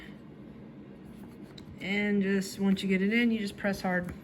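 A new rubber primer bulb is lined up with the notch in its plastic primer housing on the carburetor of a Husqvarna cut-off saw, ready to be pressed home. A faint tick comes at about 1.6 s against low handling noise before someone talks from about 1.8 s. Nothing has seated or clicked yet.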